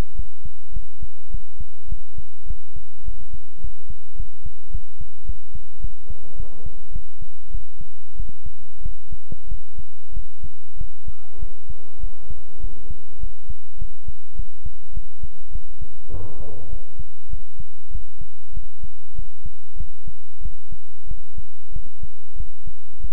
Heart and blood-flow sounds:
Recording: heart sounds by stethoscope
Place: between the tricuspid and mitral areas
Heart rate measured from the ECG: 100 bpm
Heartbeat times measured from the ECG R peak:
0.14 s: heartbeat
0.72 s: heartbeat
1.30 s: heartbeat
1.87 s: heartbeat
2.46 s: heartbeat
3.03 s: heartbeat
3.59 s: heartbeat
4.15 s: heartbeat
4.70 s: heartbeat
5.24 s: heartbeat
5.79 s: heartbeat
6.35 s: heartbeat
6.91 s: heartbeat
7.50 s: heartbeat
8.15 s: heartbeat
8.81 s: heartbeat
9.47 s: heartbeat
10.12 s: heartbeat
10.76 s: heartbeat
11.38 s: heartbeat
11.99 s: heartbeat
12.59 s: heartbeat
13.18 s: heartbeat
13.77 s: heartbeat
14.35 s: heartbeat
14.92 s: heartbeat
15.51 s: heartbeat
16.09 s: heartbeat
16.68 s: heartbeat
17.29 s: heartbeat
17.90 s: heartbeat
18.52 s: heartbeat
19.14 s: heartbeat
19.76 s: heartbeat
20.41 s: heartbeat
21.06 s: heartbeat
21.71 s: heartbeat
22.35 s: heartbeat
22.99 s: heartbeat
From the record:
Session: pedaling a stationary bicycle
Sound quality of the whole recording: good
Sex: male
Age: 24 years

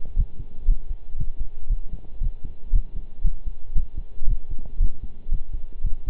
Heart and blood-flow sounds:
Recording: heart sounds by stethoscope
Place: between the tricuspid and mitral areas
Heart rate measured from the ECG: 116 bpm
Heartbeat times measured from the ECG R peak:
0.17 s: heartbeat
0.68 s: heartbeat
1.19 s: heartbeat
1.70 s: heartbeat
2.21 s: heartbeat
2.73 s: heartbeat
3.24 s: heartbeat
3.75 s: heartbeat
4.27 s: heartbeat
4.80 s: heartbeat
5.32 s: heartbeat
5.84 s: heartbeat
From the record:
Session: pedaling a stationary bicycle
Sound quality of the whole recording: partially saturated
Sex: male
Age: 23 years

